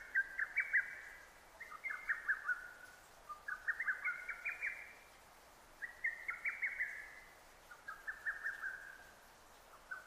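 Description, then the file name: Lesser cuckoo singing a steady series of clipped, whistled note bursts, phrase after phrase with brief gaps, over quiet background noise. Recorded 6 June 2009. "hototogisu-20090606"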